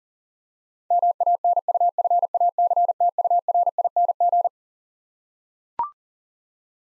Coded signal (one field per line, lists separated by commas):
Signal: Morse code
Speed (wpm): 40 wpm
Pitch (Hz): 700 Hz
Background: none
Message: MANUFACTURING